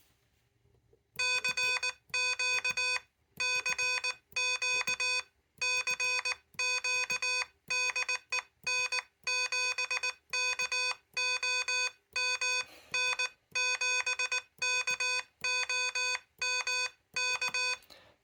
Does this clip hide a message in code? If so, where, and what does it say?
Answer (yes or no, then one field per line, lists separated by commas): yes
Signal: Morse code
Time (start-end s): 1.2-17.7 s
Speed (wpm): 19 wpm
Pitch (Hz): 2500 Hz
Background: none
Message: CQ CQ CQ DE N7KOM N7KOM K